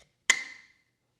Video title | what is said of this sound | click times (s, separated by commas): Shell Recharge EV Charging Station Review | hear that snap it that also you also get that when you plug | 0.3 s